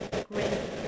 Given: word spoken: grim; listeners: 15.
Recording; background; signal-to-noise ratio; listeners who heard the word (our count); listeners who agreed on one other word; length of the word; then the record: one English word in noise, from a listening test; noise modulated by three-talker babble; -6.0 dB; 5 of 15; 9 of 15; 0.48 s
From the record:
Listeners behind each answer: 9, 5, 1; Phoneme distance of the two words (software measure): 10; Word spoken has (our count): 1 syllable, 4 phonemes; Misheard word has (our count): 1 syllable, 4 phonemes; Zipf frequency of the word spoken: 3.88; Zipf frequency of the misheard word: 3.55